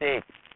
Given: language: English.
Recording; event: throat vibration sensor signal played as sound; speech